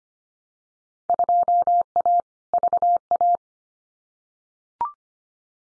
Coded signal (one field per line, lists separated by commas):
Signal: Morse code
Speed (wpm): 25 wpm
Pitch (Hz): 700 Hz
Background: none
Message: 2A VA